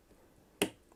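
A screwdriver turns the second metal mounting screw of a Thermalright SI 100 low-profile CPU cooler backwards into the backplate standoff thread on an AM4 board. A single sharp click at 0.6 s marks the thread dropping into place, with a faint tick near 0.9 s. The screw thread is seated and engaged, ready to be turned three times.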